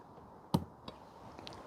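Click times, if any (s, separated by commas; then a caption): 0.5 s. A small folding bonsai pruning saw is opened and its steel blade locks into the open position in the handle lock, with a sharp click at 0.5 seconds. Fainter clicks follow near 0.9, 1.4 and 1.5 seconds, and the saw also has a release that unlocks the blade. The blade is seated and locked open.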